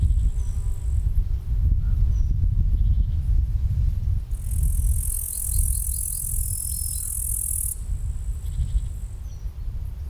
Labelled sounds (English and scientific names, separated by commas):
Upland Green Bush-cricket (Tettigonia cantans) stridulation